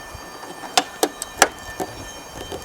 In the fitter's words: and you hear the click and you know it's good